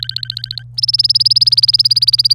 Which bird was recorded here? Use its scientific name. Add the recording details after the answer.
Serinus canaria. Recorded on 27 April 2018 at 12:39. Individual llb3